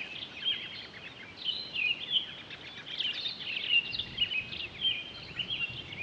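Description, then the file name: Townsend's solitaire pouring out a steady, high, warbling song of quick slurred notes that rise and fall without pause, with faint hiss underneath. Recorded 23 October 2011. "20111023 townsends-solitaire"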